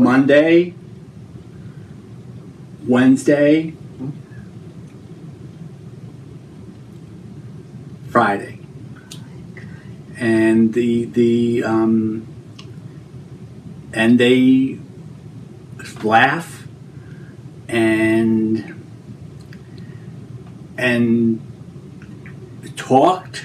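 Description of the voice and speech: Adult man with Broca's aphasia after a stroke damaging Broca's area. Slow, halting, effortful speech: isolated words such as days of the week separated by long pauses, repeated function words and fillers, and short fragments instead of full sentences. He has trouble forming sentences and getting started, though his reasoning and ideas are preserved.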